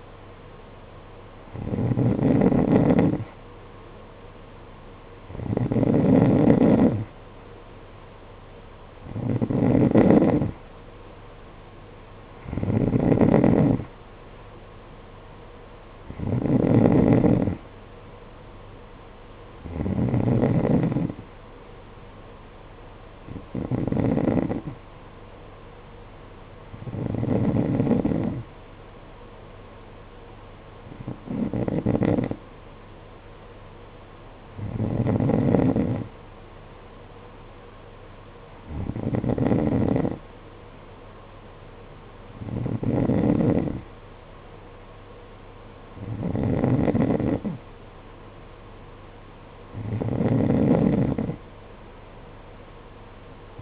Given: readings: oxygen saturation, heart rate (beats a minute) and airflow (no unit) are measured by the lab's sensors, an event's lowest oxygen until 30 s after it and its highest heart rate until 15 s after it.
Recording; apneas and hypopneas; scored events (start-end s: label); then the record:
breathing in sleep by a voice recorder at the bedside; none
none scored
From the record:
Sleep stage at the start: N2 (light sleep); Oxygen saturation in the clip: 91 to 93%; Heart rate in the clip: 51 to 55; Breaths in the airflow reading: 14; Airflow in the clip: -9.0 to 5.9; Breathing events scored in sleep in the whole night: 476 in 9.7 hours asleep